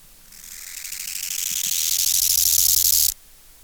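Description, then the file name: Bow-winged grasshopper song, one rapid scratchy phrase of pulses rising in loudness for almost three seconds, then cutting off sharply into quiet. Subspecies euhedickei. "Chorthippus biguttulus euhedickei"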